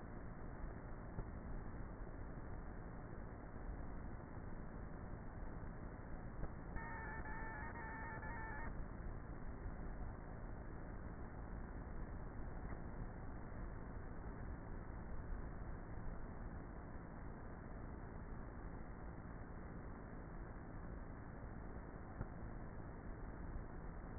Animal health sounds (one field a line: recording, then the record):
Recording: honeybee colony, microphone inside the hive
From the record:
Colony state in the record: queenless with a low population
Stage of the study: before two queens were removed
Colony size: about 30,000 bees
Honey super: no